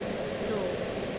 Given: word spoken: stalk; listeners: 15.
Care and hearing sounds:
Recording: one English word in noise, from a listening test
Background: speech-shaped noise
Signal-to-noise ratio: -5.4 dB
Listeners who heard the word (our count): 0 of 15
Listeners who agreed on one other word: 7 of 15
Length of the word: 0.79 s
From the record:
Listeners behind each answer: 7, 2, 1, 1, 1, 1, 1, 1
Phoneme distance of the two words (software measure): 7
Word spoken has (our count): 1 syllable, 4 phonemes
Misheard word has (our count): 1 syllable, 3 phonemes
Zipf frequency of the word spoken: 3.37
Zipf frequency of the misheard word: 4.63

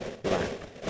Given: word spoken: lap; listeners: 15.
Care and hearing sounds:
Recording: one English word in noise, from a listening test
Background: noise modulated by three-talker babble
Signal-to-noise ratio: -3.5 dB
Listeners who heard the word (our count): 1 of 15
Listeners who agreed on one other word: 13 of 15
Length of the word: 0.50 s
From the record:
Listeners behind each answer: 13, 1, 1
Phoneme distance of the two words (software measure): 17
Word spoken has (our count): 1 syllable, 3 phonemes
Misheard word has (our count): 1 syllable, 4 phonemes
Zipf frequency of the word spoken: 4.22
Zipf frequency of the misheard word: 5.26

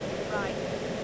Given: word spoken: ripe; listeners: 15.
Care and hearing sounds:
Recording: one English word in noise, from a listening test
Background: speech-shaped noise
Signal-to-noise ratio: -6.4 dB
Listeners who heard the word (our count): 2 of 15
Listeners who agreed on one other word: 7 of 15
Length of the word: 0.64 s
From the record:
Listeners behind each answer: 7, 4, 2, 1, 1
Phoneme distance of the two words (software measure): 10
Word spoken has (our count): 1 syllable, 3 phonemes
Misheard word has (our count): 1 syllable, 3 phonemes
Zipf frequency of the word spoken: 3.70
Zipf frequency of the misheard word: 6.36

